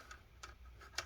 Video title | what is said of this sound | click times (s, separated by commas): acer Swift Go 16 N23C7 SFG16-71-51ZN Disassembly SSD Upgrade Battery Screen Replacement Repair | yeah it'll still clip in | 0.4 s, 1.0 s